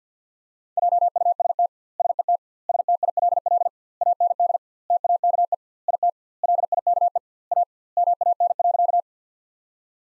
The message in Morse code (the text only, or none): JUST SET STILL AND TAKE IT LIKE A MAN.